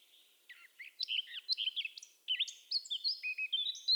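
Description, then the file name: Eurasian blackcap song, a quick varied warble of chirps and short whistled notes that grows louder and clearer toward the end. "Sylvia atricapilla"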